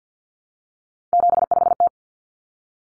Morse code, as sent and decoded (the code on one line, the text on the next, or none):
--... ..... -
75T